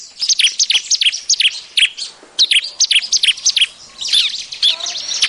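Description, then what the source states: Bar-winged prinia calls, sharp high chirps delivered in rapid uneven series separated by short gaps. Noisy, rowdy calling used as an effective lure call for catching birds.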